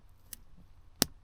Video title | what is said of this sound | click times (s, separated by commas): SRV Controller Install | Slap that into place. Heard it click. | 1.0 s